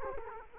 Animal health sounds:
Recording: mosquito wingbeat signal from an infrared sensor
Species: Culex quinquefasciatus

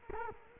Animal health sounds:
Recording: mosquito wingbeat signal from an infrared sensor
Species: Culex quinquefasciatus

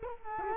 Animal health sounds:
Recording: mosquito wingbeat signal from an infrared sensor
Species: Culex quinquefasciatus

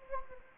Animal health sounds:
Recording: mosquito wingbeat signal from an infrared sensor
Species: Anopheles gambiae

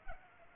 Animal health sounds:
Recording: mosquito wingbeat signal from an infrared sensor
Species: Culex pipiens

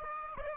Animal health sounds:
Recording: mosquito wingbeat signal from an infrared sensor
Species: Aedes aegypti

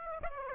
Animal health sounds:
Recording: mosquito wingbeat signal from an infrared sensor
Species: Aedes aegypti

